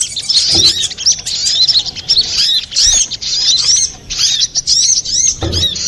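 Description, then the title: Little spiderhunter twittering in a continuous high, shrill jumble of quick notes, with occasional soft low bumps. Master recording for training cage birds. "Masteran Burung Sogok Ontong Labaik"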